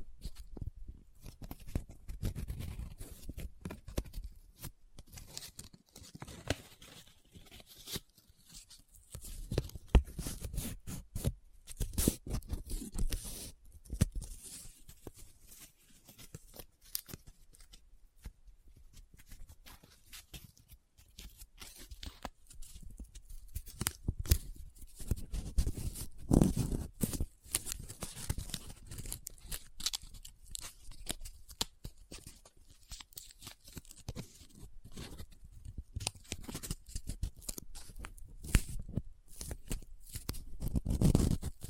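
Paper is folded, rubbed and crinkled in irregular bursts of crisp rustling and scratching, with brief quiet gaps and louder crackles near the end.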